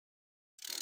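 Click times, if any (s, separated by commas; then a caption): 0.6 s, 0.7 s. A click-type torque wrench set to 18 Nm tightens a spark plug into a Goldwing motorcycle's cylinder head, the force set by the workshop manual. After about 0.6 s of silence, a burst of broadband ratcheting noise begins. Sharp clicks at 0.7 s and 0.7 s (0.65 and 0.73) show the wrench clicking at its setting, with another sharp transient near 0.8 s.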